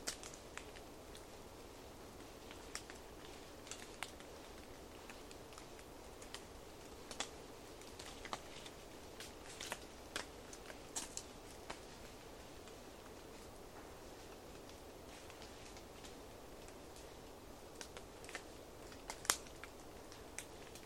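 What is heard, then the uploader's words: A small herd of Roosevelt elk moves through a forest glade. A steady, soft rushing wash runs underneath the whole time, while irregular sharp snaps and clicks, like twigs breaking underfoot, pop up every second or so, with a louder crack near the end. A long soundscape across Dawn in the Queets River Valley rainforest of the Olympic National Park. A small herd of Roosevelt Elk walks in from a distance, though a small forest glade, an away towards the Queets River bed. Distant traffic is funneled up the Valley.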